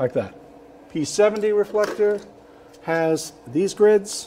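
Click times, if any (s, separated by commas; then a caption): none. A light grid is handled near a P70 metal studio flash reflector, about to be pushed into it, while someone talks. The grid has not snapped into place yet; nothing has seated or clicked by the end of the clip.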